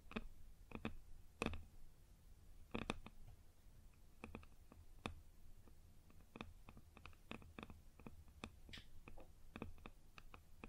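Sharp taps on a wooden surface come in an uneven series, sometimes in quick pairs, with louder hits near 1.5, 3, 5 and 9 seconds. Each tap is a short, bright click. A low, steady hum runs underneath throughout.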